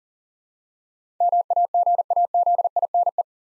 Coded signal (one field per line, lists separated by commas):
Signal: Morse code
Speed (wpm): 40 wpm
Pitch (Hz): 700 Hz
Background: none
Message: MAGAZINE